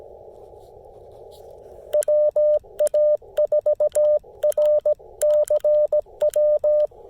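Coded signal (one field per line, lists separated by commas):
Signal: Morse code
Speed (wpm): 17 wpm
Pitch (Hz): 590 Hz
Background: none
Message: WA4RCW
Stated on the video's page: CW on a POTA park activation using the Chameleon Tactical Delta Loop antenna.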